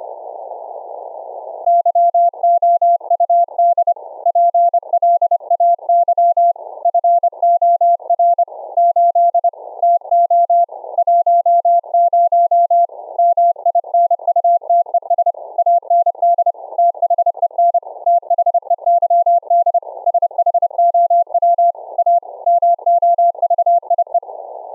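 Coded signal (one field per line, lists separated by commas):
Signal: Morse code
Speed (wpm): 30 wpm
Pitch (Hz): 690 Hz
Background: none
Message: YOUD PLAY FOR 8 TO 10 MINUTES AND THEN THEYD SHOW A MOVIE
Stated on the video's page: CW sent over a remote rig via Secure Reliable Transport protocol through a Raspberry Pi rig interface.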